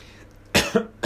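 After a quiet pause, an adult gives a brief, explosive cough in two quick bursts, then a third begins.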